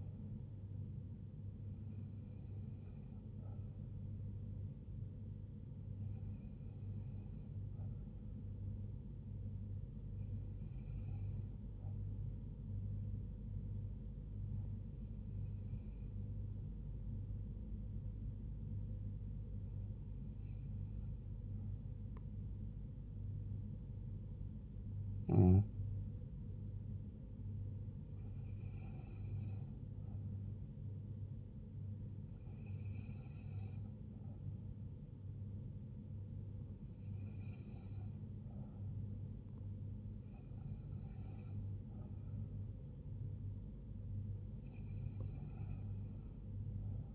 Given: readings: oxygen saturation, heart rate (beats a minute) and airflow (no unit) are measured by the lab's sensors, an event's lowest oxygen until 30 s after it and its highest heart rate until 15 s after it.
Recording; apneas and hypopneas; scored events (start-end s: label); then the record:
breathing in sleep by a smartphone at the bedside; 1
10.00-36.00 s: hypopnea (N1, oxygen 95% highest, then 92% lowest, heart rate 76 at the start, 78 highest)
19.00-47.15 s: new sleep stage, N2 (light sleep)
From the record:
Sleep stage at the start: N1 (lightest sleep); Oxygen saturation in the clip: 91 to 95%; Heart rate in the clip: 73 to 78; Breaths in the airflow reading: 11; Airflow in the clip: -3.1 to 3.2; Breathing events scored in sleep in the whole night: 158 in 7.3 hours asleep